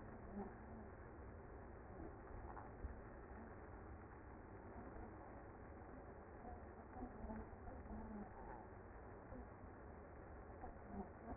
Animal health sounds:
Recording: honeybee colony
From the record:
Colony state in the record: active

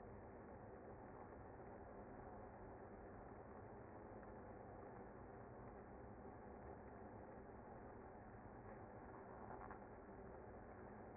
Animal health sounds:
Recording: honeybee colony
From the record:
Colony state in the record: active

